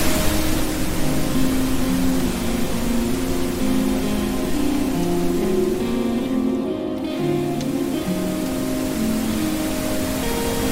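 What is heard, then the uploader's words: Soft piano music plays over the steady hiss of a flowing water stream. Slow, sustained low-to-middle notes change every second or so in a gentle melodic line, while the water's rushing texture stays constant and fairly loud throughout, briefly thinning near seven seconds. Immerse yourself in the dreamy mixes of relaxing piano music combined with the soothing sounds of a soft water stream. A soothing soundscape featuring the gentle rising and falling of a waterfall.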